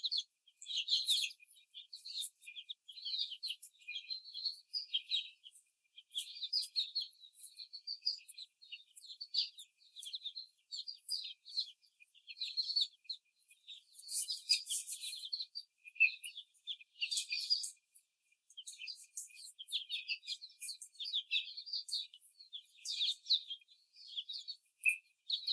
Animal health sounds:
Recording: young laying hens in a cage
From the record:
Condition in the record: before the stressor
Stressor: simulated dog barking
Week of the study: 4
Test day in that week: 3

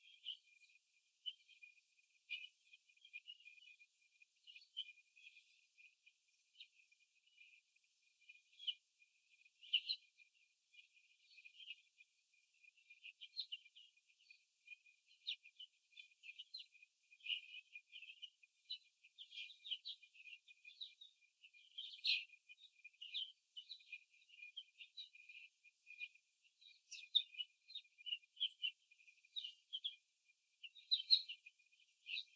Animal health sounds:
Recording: young laying hens in a cage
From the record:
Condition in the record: after the stressor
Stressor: simulated dog barking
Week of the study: 3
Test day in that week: 1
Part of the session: 3

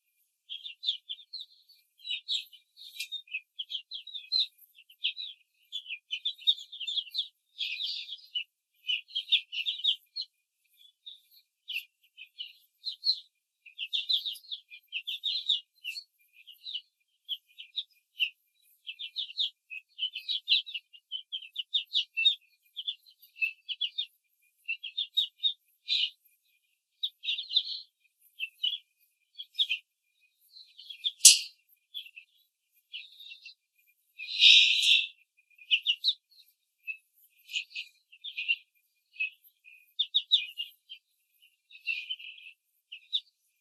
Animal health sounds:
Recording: young laying hens in a cage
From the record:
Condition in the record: control cage, before the stress test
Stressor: none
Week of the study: 4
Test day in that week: 1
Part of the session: 2

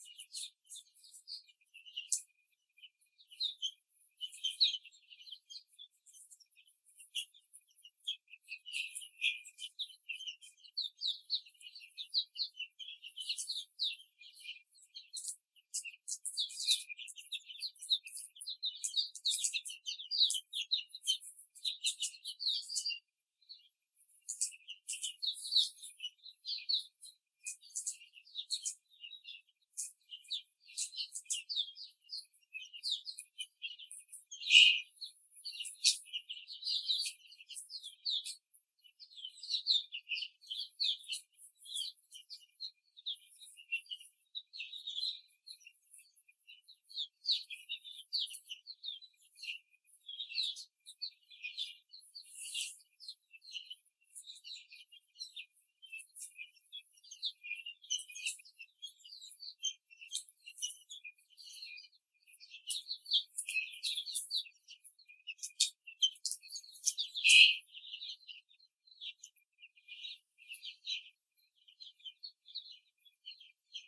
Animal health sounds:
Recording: young laying hens in a cage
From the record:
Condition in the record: before the stressor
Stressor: simulated dog barking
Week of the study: 3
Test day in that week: 2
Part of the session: 3

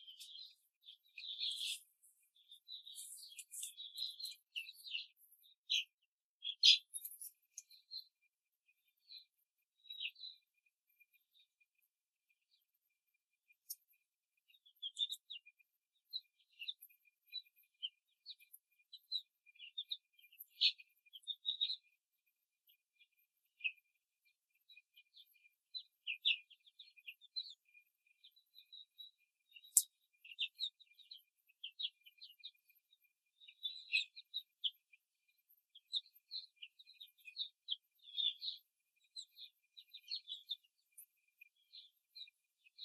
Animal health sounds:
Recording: young laying hens in a cage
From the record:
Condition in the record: control cage, before the stress test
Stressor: none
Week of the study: 4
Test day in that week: 3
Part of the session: 3

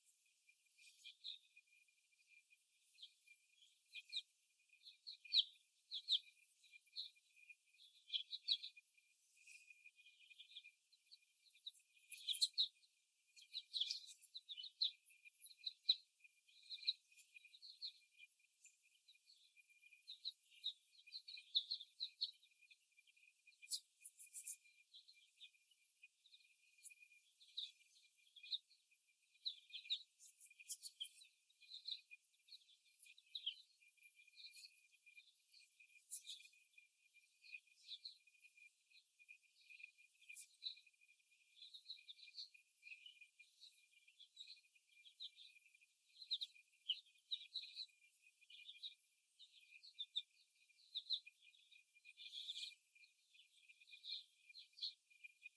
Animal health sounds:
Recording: young laying hens in a cage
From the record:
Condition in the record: before the stressor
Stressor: simulated dog barking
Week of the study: 1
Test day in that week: 1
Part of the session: 2

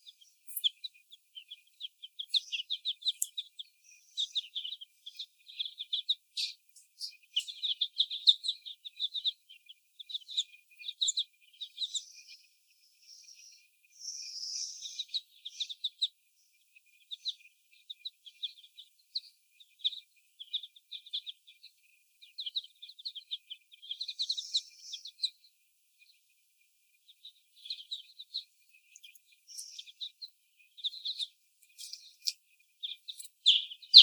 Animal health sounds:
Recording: young laying hens in a cage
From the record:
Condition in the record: before the stressor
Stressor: sudden umbrella opening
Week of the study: 1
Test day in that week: 1

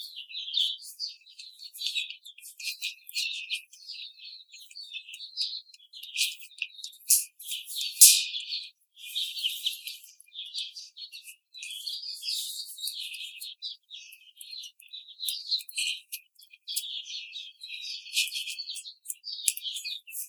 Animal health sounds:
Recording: young laying hens in a cage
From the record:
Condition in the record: treatment cage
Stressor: simulated dog barking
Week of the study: 5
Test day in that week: 1

